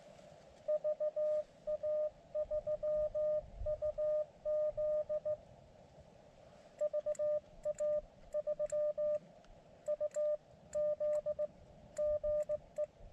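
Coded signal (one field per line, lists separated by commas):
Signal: Morse code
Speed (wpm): 19 wpm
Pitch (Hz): 600 Hz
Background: none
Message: VA3UZ VA3UZ GE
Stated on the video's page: Morse from an Elecraft KX2 during a POTA park activation on 17 meters.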